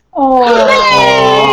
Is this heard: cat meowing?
yes